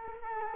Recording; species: mosquito wingbeat signal from an infrared sensor; Culex quinquefasciatus